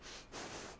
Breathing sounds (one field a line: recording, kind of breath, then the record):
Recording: one breath in and out by a microphone near the nose and mouth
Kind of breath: strong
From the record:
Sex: female